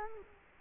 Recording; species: mosquito wingbeat signal from an infrared sensor; Culex quinquefasciatus